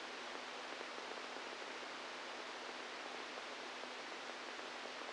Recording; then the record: brain microelectrode recording played as sound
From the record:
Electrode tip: outside the subthalamic nucleus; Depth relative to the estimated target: 3 mm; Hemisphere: right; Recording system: NeuroSet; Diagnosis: Parkinson's disease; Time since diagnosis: 8 years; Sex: male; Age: 46 years